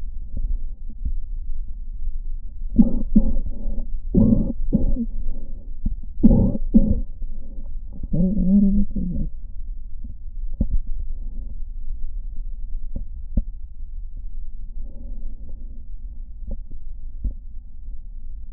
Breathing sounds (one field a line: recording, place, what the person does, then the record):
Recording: lung sounds by stethoscope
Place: right posterior basal chest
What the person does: quiet breathing, then cough and speech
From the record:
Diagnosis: asthma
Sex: female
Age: 77 years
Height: 160 cm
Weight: 68.7 kg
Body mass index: 26.6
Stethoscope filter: diaphragm mode